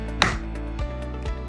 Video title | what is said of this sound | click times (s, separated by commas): How to Assemble the Highland™ Bouncer - Baby Delight | Make sure that the frame is securely locked into the recline adjuster. You should hear an audible click. | 0.2 s